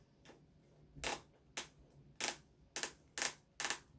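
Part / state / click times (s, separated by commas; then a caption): ratchet gun belt strap into its buckle / seated / 1.6 s, 2.8 s, 3.6 s. A ratchet gun belt strap is pushed into its buckle, recorded on a phone mic, and the ratchet engages with sharp, distinct clicks at 1.6, 2.8 and 3.6 seconds, among a series of bright ratcheting bursts. The strap seats in the buckle with a very positive click.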